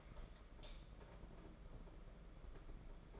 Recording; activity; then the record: daily activity, microphone in the room; light on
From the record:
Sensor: 5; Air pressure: 992.1 hPa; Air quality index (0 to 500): 201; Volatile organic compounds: 1000 ppm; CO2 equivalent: 5807 ppm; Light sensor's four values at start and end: 8/19/7/8 and 9/23/9/10